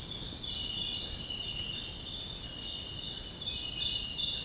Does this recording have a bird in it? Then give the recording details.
no. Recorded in secondary vegetation near Puerto Asís, Putumayo, Colombia, on 20 February 2024 at 06:00. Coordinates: 0.468, -76.324. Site G6381